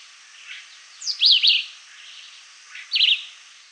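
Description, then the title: Red-eyed vireo giving two quick zigzagging whistled phrases a little under two seconds apart, with faint softer notes in between. "LuckyPassaro Completos2Sama. Red-eyed Vireo (Vireo olivaceus)"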